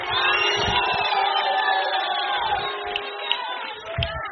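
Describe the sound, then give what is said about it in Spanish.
A Spanish-speaking church audience shouts "gloria" together at the preacher's call during a sermon about Jesus: a loud, sustained roar of many overlapping voices that holds steady for about four seconds, with a few sharper cries poking through. “Nadie me va a dar una palabra de aliento, grita gloria.”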